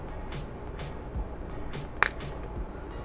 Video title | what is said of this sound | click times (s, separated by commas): Doorbell not working, How to fix it. (2022) | It snaps right in, and now the new button is in | 2.0 s